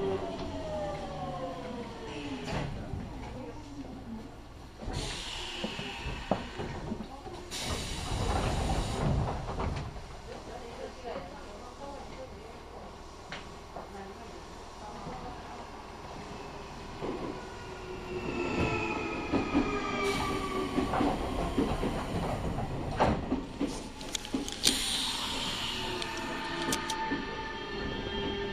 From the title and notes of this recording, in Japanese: 耳で楽しむ鉄道旅 南海電鉄南海線 普通 泉佐野→箱作。